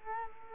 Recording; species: mosquito wingbeat signal from an infrared sensor; Culex quinquefasciatus